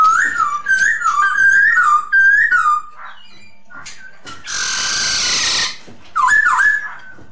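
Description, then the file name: Masked laughingthrush song: a string of bright whistled notes, a rough hissing burst in the middle, then a final short whistled phrase. Lure song used for Masked laughingthrush, named poksay hongkong. "suara pancingan poksay hongkong"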